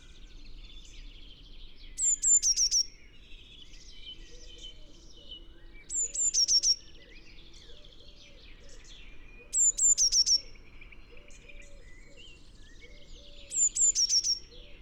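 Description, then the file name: Eurasian blue tit giving high, thin note phrases about every four seconds, each dropping into quick lower notes, with other birds twittering and a faint low sound underneath. "Cyanistes caeruleus"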